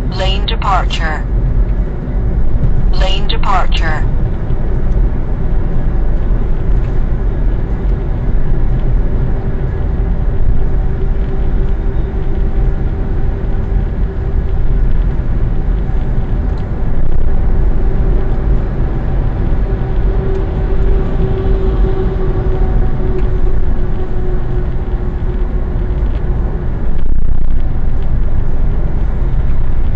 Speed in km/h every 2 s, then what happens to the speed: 71, 72, 77, 80, 81, 81, 84, 83, 84, 86, 86, 86, 85, 80, 79.
0-7 speeds up to 81. 7-20 steady at about 84. 20-30 slows to 79.